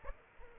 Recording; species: mosquito wingbeat signal from an infrared sensor; Aedes aegypti